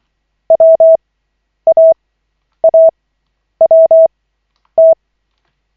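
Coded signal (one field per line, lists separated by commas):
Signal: Morse code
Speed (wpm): 24 wpm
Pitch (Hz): 650 Hz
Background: none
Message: WAAWT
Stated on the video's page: Koch method Morse practice session, lesson 11 of 40, from LCWO.net.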